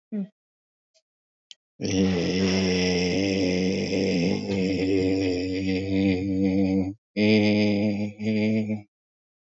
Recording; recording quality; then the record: sustained vowel as in made; excellent, no background noise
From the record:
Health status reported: recovered from COVID-19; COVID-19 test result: negative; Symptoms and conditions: cough, cold, breathing difficulty, fever, hypertension, diabetes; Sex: male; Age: 53 years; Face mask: not worn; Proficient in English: yes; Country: India